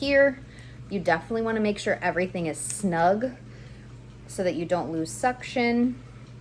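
Plastic collection cup parts of a Spectra CaraCups wearable breast pump cup assembly are handled and fitted together while a woman talks, with faint handling noise between her words. The parts are being made snug so the cup does not lose suction, but nothing has seated or clicked yet.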